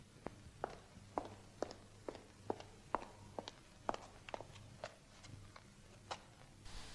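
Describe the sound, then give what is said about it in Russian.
Footsteps of a headmistress walking up to a mounted board at an even, unhurried pace, about fifteen sharp clicking steps of similar loudness over a faint background hum, with no voices. “Директриса подходит к закрепленной доске.”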